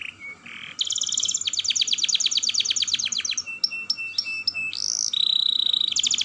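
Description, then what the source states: Canary song: a long rapid rolling trill, then separate sharp notes and a nasal buzzy phrase before another fast trill. Kenari singing a long roll song style (dor roll panjang), described as gacor, i.e. singing vigorously.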